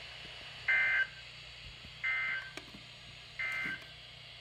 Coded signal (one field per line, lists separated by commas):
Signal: Emergency Alert System (SAME) tones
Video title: A not so chaotic enhance (5/16/22) (EAS #167-168)